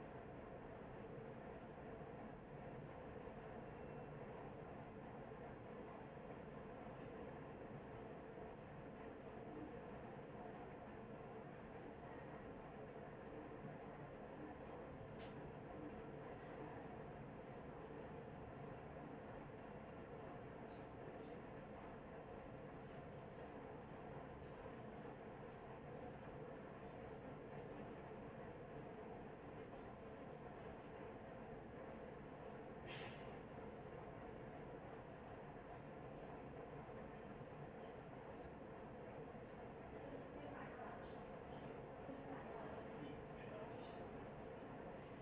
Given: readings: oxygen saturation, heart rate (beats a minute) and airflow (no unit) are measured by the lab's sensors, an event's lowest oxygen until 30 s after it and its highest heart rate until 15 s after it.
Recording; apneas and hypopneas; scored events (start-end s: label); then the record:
a person awake in a sleep study, by a smartphone at the bedside; none
0.00-45.22 s: awake
0.00-45.22 s: awake
From the record:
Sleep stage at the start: awake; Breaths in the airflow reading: 17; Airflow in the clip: -0.7 to 0.6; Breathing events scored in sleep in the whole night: 263 in 5.5 hours asleep